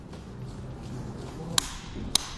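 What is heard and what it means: A torque-limiting tightening tool turns the second tower clamp screw of a Yakima roof rack on a 2018 Nissan Pathfinder against a low, steady background. The tool gives two sharp clicks at 1.6 s and 2.2 s, confirming the screw is tight enough.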